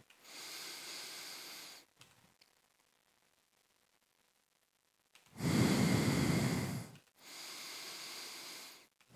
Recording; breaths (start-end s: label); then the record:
nose breathing near a microphone
0.09-1.99 s: inhalation
5.14-6.94 s: exhalation
6.94-8.99 s: inhalation
From the record:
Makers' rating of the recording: medium